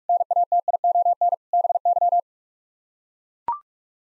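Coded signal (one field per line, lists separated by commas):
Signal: Morse code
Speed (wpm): 41 wpm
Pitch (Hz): 700 Hz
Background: none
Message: NATION BY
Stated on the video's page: Head-copy practice of nine-word sets sent at 45 wpm, each set sent in Morse code, then spoken, then sent again.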